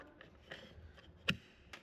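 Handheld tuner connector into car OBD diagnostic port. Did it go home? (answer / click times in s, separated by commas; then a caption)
no / none. A handheld tuner's plastic connector is handled at the OBD diagnostic port of an E36 M3 sedan. A few faint taps and knocks are heard, with one sharper tick near 1.3 s and a softer one near 1.7 s. Nothing has seated or clicked yet.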